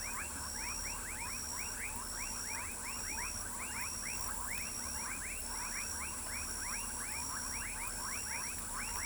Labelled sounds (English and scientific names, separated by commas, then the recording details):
none
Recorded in pastures near Pivijay, Magdalena, Colombia, on 1 June 2023 at 19:00
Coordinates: 10.456, -74.369
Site P6-G026